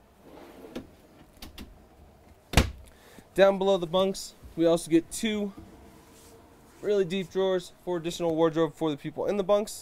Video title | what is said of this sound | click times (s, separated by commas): 2023 Newmar Super Star 4065 Bunk Bed Model - 5N211801 | more drawers again they do lock into place | 2.6 s